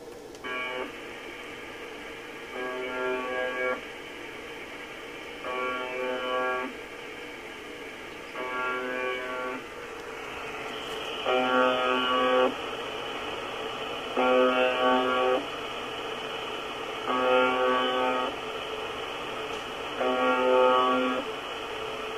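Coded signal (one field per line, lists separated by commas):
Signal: channel marker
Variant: UVB-76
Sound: repeated harsh low buzzes, about seven in 22 seconds, over hissing static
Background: radio static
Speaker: this is a station that just buzzes it just has a a buzz tone that lasts a few seconds it pauses for about 2 seconds and then it buzzes again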